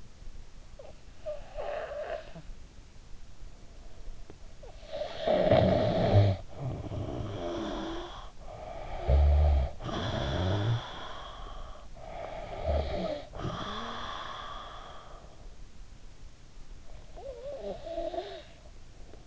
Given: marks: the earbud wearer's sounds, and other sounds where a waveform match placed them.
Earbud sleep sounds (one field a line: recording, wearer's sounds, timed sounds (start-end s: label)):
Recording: sounds in sleep by an in-ear microphone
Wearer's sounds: snoring breath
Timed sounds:
0.62-3.07 s: snoring breath
4.31-15.67 s: snoring breath
16.77-19.27 s: snoring breath